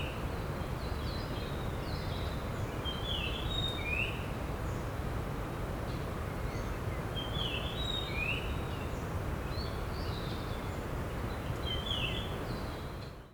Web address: bird song ikaru